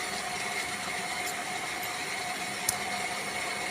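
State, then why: Seated. During gear cutting on a milling machine, the dividing-head crank is turned by the set number of holes and the spring-loaded index plunger pin snaps into the next hole of the metal index plate. A sharp, short click is heard at 2.7 s over steady broadband machine noise, and the pin is seated. No one talks in the clip.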